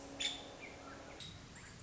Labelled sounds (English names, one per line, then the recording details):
Nuttall's Woodpecker
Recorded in Sonoma County, California